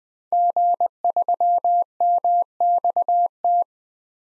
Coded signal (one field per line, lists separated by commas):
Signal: Morse code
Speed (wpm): 20 wpm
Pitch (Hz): 700 Hz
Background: none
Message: G3MXT